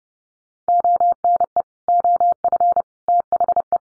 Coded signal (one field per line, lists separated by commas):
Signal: Morse code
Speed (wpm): 30 wpm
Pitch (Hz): 700 Hz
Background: none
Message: ONE OF THE